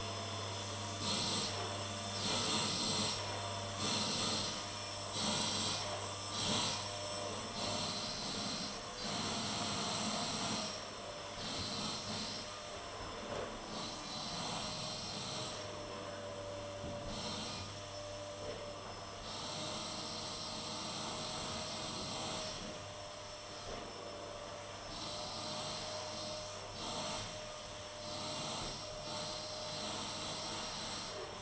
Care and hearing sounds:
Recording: daily activity, microphone in the room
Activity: vacuum cleaning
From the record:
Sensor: 4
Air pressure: 1010.4 hPa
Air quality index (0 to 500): 179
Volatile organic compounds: 5 ppm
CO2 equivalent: 1813 ppm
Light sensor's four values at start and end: 33/97/38/38 and 33/98/38/38

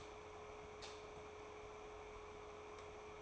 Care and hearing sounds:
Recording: daily activity, microphone in the room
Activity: light on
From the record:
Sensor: 1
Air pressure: 1010.3 hPa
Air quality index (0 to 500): 171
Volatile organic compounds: 12 ppm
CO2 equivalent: 2360 ppm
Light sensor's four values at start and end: 53/137/56/71 and 56/151/61/76

